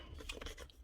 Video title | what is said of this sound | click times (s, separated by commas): How to repair a Dewalt D25899 Demolition hammer, that will not take a chisel. | this should click in | 0.3 s